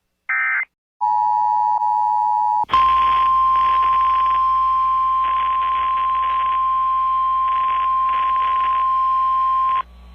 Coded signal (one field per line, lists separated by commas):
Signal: Emergency Alert System (SAME) tones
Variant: 853 and 960 Hz attention tone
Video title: Siouxland Wants Some More | EAS Alerts from 10/23/2022 (EAS #1501-1506)